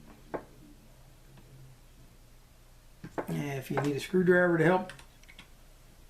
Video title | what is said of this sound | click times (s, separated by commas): ABU Garcia Cardinal 556 Disassembly, Cleaning, Lubrication, and Assembly | it should just snap into place | 0.3 s